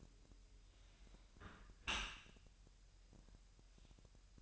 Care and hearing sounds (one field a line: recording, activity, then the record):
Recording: daily activity, microphone in the room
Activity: close dishwasher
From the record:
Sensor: 2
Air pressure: 1000.3 hPa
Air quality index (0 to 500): 246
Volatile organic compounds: 90 ppm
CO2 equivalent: 3682 ppm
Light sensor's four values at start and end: 9/21/8/8 and 9/21/8/8